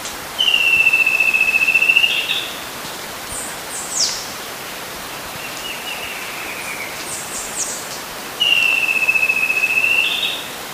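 Bird giving a long, even whistle lasting over a second, repeated after a long pause, with fainter high calls between over steady background hiss.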